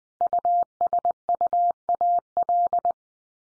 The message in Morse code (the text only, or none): USUAL